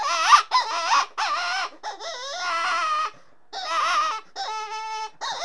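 Rabbit crying in shaky, warbling squeals, a pause near three seconds, then more cries including one steady, even-toned note.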